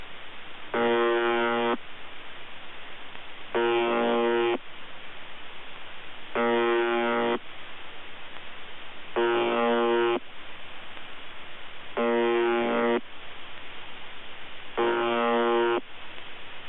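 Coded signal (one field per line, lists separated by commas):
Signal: channel marker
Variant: UVB-76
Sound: six harsh low buzzes about a second long, repeating every three seconds, hiss between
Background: radio static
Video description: UVB-76 "The Buzzer" sounds a bit broken. Received in Denmark with Airspy HF+ and Gqrx SDR on 2017-10-21 23:53z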